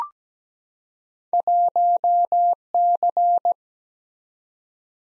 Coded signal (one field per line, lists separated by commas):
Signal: Morse code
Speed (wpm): 17 wpm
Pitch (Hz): 700 Hz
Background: none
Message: 1C